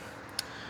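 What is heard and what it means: A plastic trim cover is pushed back up into its mount around the windshield camera/sensor behind the windshield, after the TSS sensor connector has been reconnected. Over a steady low background hiss, it snaps into place with a single sharp, bright click at 0.4 s. The cover is seated, and the TSS system is good to go.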